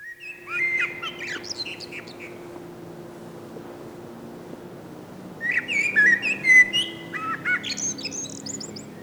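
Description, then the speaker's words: Common Blackbird song: two mellow fluted whistled phrases ending in squeaky twittering flourishes, separated by a long pause. Spring singer of southernmost Finland; birds wintering in Finland start singing on warm sunny March days, or rather evenings, being a dusk singer like most thrushes. "Tai pikemminkin iltoina, sillä mustarastas on tuollainen hämärän laulaja, kuten useimmat rastaat."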